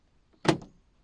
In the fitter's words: that click and then it actually opens so in